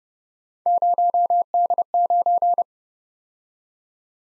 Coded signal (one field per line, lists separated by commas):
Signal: Morse code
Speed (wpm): 31 wpm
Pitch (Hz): 700 Hz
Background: none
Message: 0D9